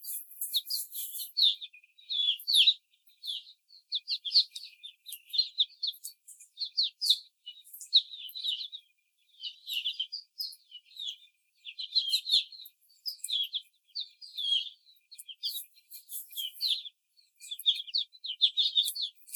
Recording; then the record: young laying hens in a cage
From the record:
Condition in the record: after the stressor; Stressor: simulated dog barking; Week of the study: 4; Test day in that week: 2